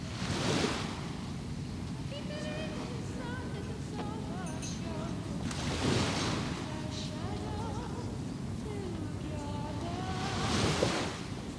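Sea surf rolls in steadily, with three louder waves breaking about five seconds apart over a constant low wash of water and wind. No one speaks.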